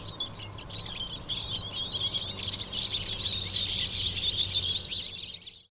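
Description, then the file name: Eurasian siskin twittering, scattered chirps building into a dense, steady high chatter that stops abruptly at the end. "Eurasian Siskin (Carduelis spinus)"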